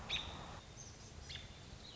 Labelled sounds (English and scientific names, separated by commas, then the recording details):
American Robin (Turdus migratorius)
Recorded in Sonoma County, California